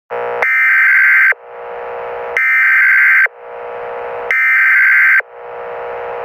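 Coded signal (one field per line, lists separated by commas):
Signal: Emergency Alert System (SAME) tones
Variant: header bursts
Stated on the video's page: Fictional mini EAS scenario set on Memorial Day.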